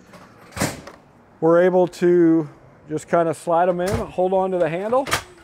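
A firefighter slides a patient stretcher into an ambulance's powered loading mount while holding its handle, with a brief noise burst at about 0.9 s as someone talks. The stretcher has not locked into place and nothing has clicked yet.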